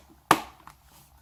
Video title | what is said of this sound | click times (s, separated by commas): Thorfire & Suaoki Pocket Lanterns / Flashlights | Locks into place. | 0.3 s